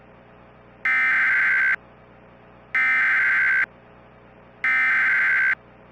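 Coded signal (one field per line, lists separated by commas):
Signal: Emergency Alert System (SAME) tones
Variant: header bursts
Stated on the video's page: Valid EAS tones in a fictional squall line scenario.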